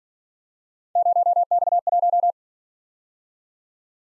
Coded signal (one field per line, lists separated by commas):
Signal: Morse code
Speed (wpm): 48 wpm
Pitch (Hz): 700 Hz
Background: none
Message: 0X1